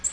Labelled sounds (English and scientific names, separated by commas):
Nashville Warbler (Leiothlypis ruficapilla) flight call